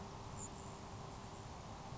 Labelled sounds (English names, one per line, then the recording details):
Grasshopper Sparrow
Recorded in Sonoma County, California